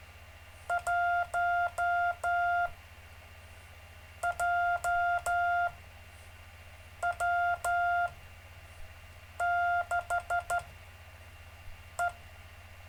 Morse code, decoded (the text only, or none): 1JW6E